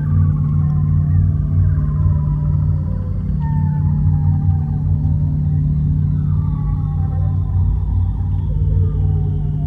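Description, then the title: Seal song: several gliding, mostly descending whistles overlapping one another above a constant deep low hum. Seals breathing and singing. "Cantos_focas_plasmath"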